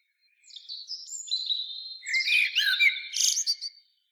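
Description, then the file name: Common blackbird phrase of warbled whistles followed by a dense, high squeaky twitter, about three seconds long. "Turdus merula"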